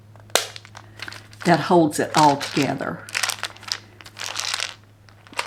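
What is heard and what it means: A second plastic lock on a pill organizer case is snapped shut, giving a sharp snap at 0.4 s that seats the lock holding the whole case together. Lighter crinkling and small taps follow while someone talks over a steady low hum.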